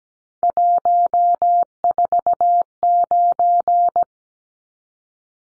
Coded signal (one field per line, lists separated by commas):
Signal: Morse code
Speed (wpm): 17 wpm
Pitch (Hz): 700 Hz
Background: none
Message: 149